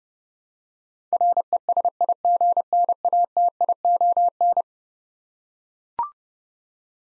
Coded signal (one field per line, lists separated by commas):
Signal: Morse code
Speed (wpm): 30 wpm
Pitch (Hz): 700 Hz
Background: none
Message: RESIGNATION